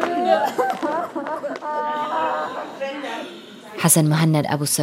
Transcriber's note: crying